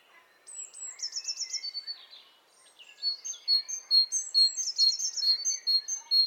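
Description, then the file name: Great tit calls: a quick buzzy rattling series, a short pause, then a run of clear high repeated notes with scratchy chatter, other faint birds in the background. "Parus major"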